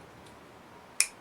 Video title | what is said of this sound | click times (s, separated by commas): Detailed and Complete reassembling of Stihl Chainsaw (MS390) | like that, and then it locks in | 1.0 s